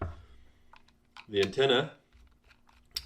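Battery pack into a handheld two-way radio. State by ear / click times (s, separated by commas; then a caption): seated / 0.0 s. A battery pack is hooked by its front tab into a BelFone BF-TD511 handheld two-way radio and pushed in, snapping into place with a sharp click at 0.0 s. Someone then talks briefly between faint light taps, and another sharp tap sounds near 3.0 s. The battery is seated.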